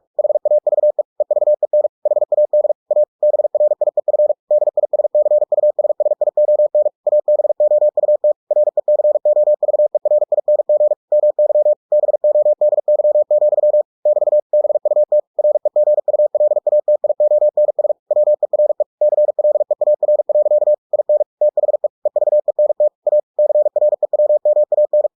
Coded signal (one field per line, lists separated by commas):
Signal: Morse code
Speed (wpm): 46 wpm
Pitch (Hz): 600 Hz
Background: none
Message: HAVE EVEN HAD A BRIEF DISCUSSION ABOUT RECOVERING MY BODY, <BT> BUT REGULATIONS WERE CLEAR. IN THE EVENT A CREWMAN